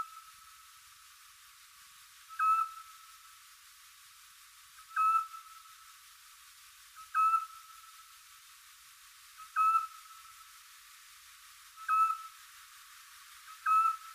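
Eurasian scops owl whistles a short, pure note, repeated six times at fairly regular intervals over a faint steady tone and quiet background hiss.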